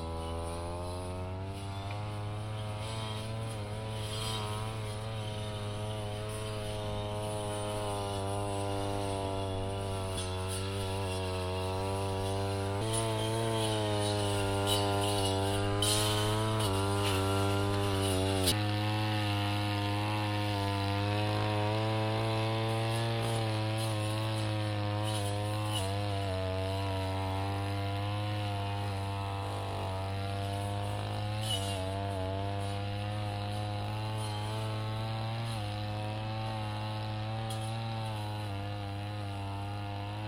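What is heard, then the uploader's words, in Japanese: A brush cutter runs steadily throughout, its engine drone holding a low pitch with stacked whining tones that rise and dip slightly as it works between sweet potato rows. Brief bright clicks and scrapes come as the blade strikes grass, busiest around the middle. 環境音 機械音あり サツマイモ畑の草刈り。サツマイモの畝間を行ったり来たり、ひたすら草刈り機で草刈りです。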